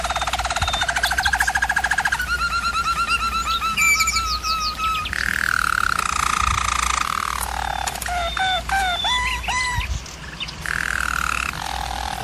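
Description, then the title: German Roller canary song mixing rapid repeated note series, smooth sustained rolls and a burst of quick chirping notes before a final roll. Canary training recording of a German Roller canary singing. "German Roller Canary Singing - Canary Training Vid"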